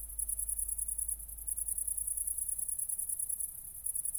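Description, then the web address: Cricket with fast, high, evenly pulsed chirps in phrases of one to two seconds, separated by brief pauses, low hum beneath. Recorded at night, around 00:53, on 4 August 2014 at Nordring, Kirchmöser, Brandenburg, Germany. "aporee City Country Me Brandenburg Kirchmoeser Nordring Grillen 201408040053 OLBIN"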